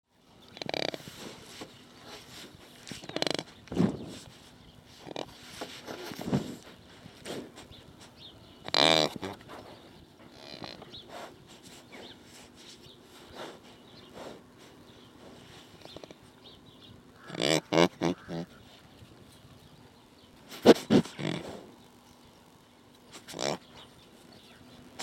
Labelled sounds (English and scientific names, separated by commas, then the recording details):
Mule Deer (Odocoileus hemionus)
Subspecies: hemionus
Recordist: Tembrock, Günter
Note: Hirsch: diverse Laute